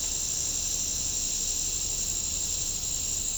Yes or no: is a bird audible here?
no